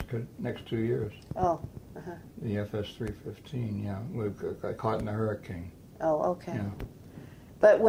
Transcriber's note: none